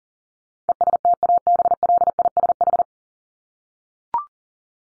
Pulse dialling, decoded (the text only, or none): none